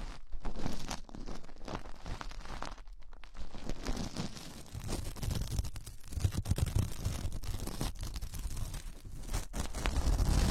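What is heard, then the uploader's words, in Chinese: Gloves being handled and rubbed, making a dense stream of rustling, crinkling and scraping with many quick snaps and crunches. The activity is continuous over the whole stretch, thinner and lighter in the first few seconds, then growing heavier and lower after about four seconds. 手套 使用6种不同手套为你耳膜按摩。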